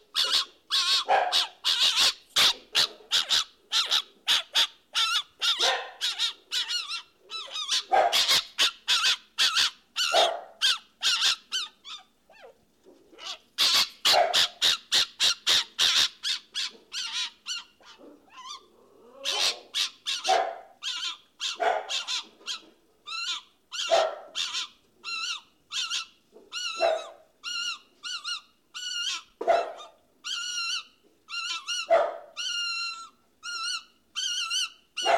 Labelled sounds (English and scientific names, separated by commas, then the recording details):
Golden Jackal (Canis aureus) howling
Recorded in captivity
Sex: male
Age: adult
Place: Zoo Halle, Sachsen-Anhalt, DE
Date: 1957-03-05
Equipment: BG 19/2, RFT-Super 5 E 63, Kondensatormikrofon mit MVT 4050
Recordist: Heydecke, Rolf